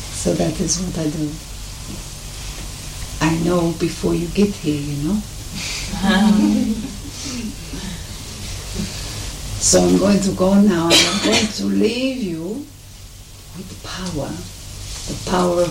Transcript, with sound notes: So that is what I do. I know before you get here you know. (Laughter) So I am going to go now and going to leave you with the Power, The Power of Light,